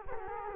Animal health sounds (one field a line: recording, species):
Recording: mosquito wingbeat signal from an infrared sensor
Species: Culex quinquefasciatus